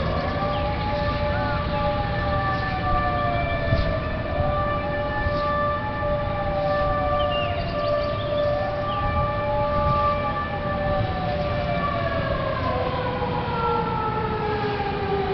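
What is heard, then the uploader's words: A bombing siren wails throughout, a steady held tone with a second tone slowly rising and falling every few seconds over it. The level stays constant, and a dense low rumble of background noise runs underneath the whole time. I live in a large building near the government palace, and a few meters from two large military barracks. This was the first time I heard that siren, which emits a deep sound that conveys a feeling of nervousness and restlessness. Bombing Siren in Caracas.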